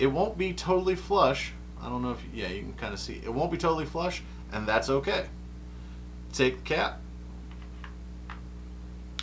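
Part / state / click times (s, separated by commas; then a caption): cap on a refillable vape cartridge / seated / 9.2 s. Someone talks while the cap of a refillable CBD vape cartridge, just filled, is pushed wide end first back into the opening. After the talk stops there are a few faint ticks, then a sharp loud snap at 9.2 s as the cap seats.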